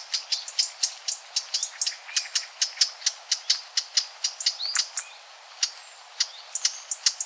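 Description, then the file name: Eurasian blackcap calls as quick dry clicks, repeated briskly, then briefly pausing before resuming more sparsely. "Sylvia atricapilla"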